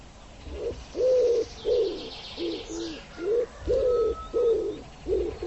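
Bird giving a series of low, hoarse hooting notes, with faint higher sounds in the background.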